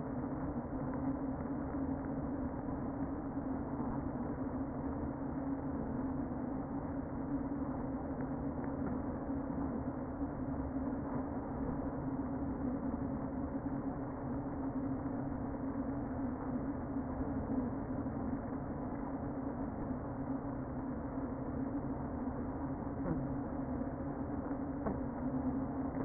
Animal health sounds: honeybee colony, microphone inside the hive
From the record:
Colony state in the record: queen present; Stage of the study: before two queens were removed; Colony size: about 60,000 bees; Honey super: yes

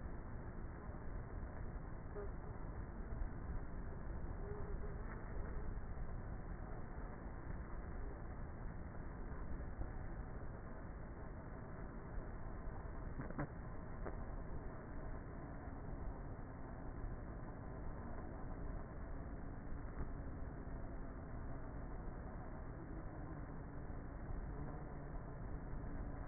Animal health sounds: honeybee colony, microphone inside the hive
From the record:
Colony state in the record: queenless with a low population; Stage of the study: before two queens were removed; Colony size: about 30,000 bees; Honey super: no

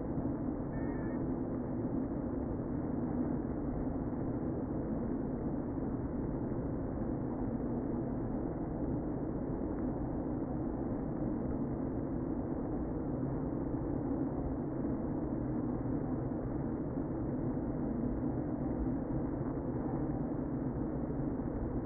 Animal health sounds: honeybee colony, microphone inside the hive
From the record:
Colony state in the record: queen present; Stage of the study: before two queens were removed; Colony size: about 60,000 bees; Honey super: yes

